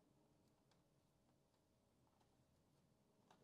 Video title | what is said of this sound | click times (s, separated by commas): IBM 5140 Convertible and 300 baud modem teardown, ANTSDR quick look, IKEA air quality sensor hacks | Uh, no click. | none